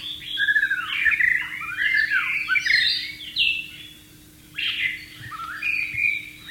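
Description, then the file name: White-rumped shama song: loud, varied whistled phrases tumbling up and down, a short pause, then further bright whistled bursts. Wild bird, recorded in the wild. "suara burung murai batu di alam liar"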